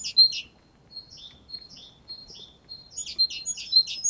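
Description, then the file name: Great tit gives brief sharp notes, then evenly spaced thin paired whistles, before a lively series of quick high chirps in the final second. "Parus major"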